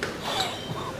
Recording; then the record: coughing mixed with background sound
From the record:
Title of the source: Spring Allergy Coughing